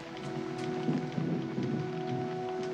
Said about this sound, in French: La pluie. Il y a des fois où ça me donne le cafard.